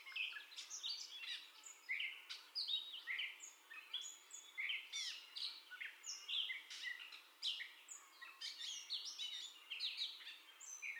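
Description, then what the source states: Gray catbird song: a continuous stream of mixed squeaks, clicks and slurred notes. First song, recorded 30 May 2021.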